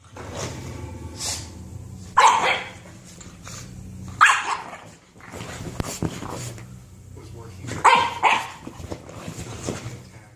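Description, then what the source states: Dog play barks: several short, sharp barks with softer huffing sounds between them. Play bark, an invitation to play with the dog.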